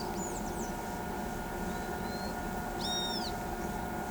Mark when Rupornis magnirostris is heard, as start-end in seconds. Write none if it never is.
2.79-3.31